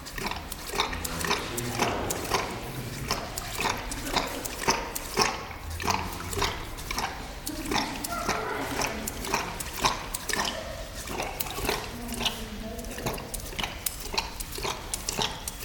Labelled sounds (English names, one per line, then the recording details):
Tiger
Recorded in captivity
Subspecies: altaica
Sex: male
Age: adult
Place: Zoo Halle, Sachsen-Anhalt, DE
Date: 1997-03-22 16:16
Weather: Schnee bis Regen, um 0°C
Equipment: Sony MD-WM MZ-R3, Sennheiser MKH 416 T, Kopie Uher 4000 Report Monitor
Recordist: Tembrock, Günter